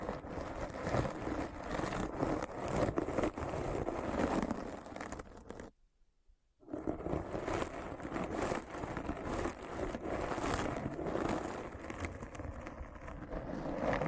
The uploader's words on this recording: ASMR Deep Brain Scratch (No Talking).